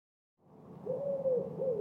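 Bird call: a hooting sound, wavering in pitch, over a soft background hiss.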